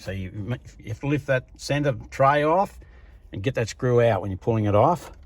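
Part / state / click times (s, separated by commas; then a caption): plastic centre console trim into the car dashboard / not seated / none. A man talks while handling the plastic centre console trim, about to press it back into the dashboard of a Hyundai i30 FD after an A/C evaporator job; the trim is held by a single screw under the centre tray. Only his voice is heard over a low background hum, and nothing has seated or clicked yet.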